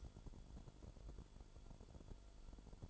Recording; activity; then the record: daily activity, microphone in the room; light on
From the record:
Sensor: 5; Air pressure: 1008.0 hPa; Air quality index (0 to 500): 105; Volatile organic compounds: 1 ppm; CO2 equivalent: 813 ppm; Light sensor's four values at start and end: 30/69/28/27 and 30/71/28/28